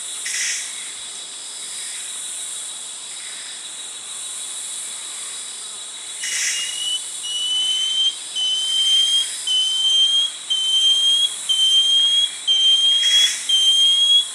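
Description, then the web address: Banded antbird song: after a steady high background drone, a series of short rising whistles begins midway, repeated about once a second and growing slightly louder. Song recorded in the eastern lowlands of South America. "Nature Songs S America Eastern Lowlands Dichrozona cincta, song"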